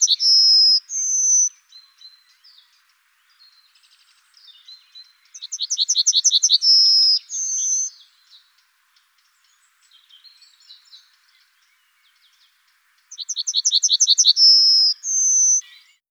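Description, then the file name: Yellowhammer singing repeated phrases of quick, high, rattling notes, each ending in a drawn-out note and a short higher tail. Three songs are heard with soft calls between them. "rumeni-strnad Emberiza-citrinella. Tomi Trilar"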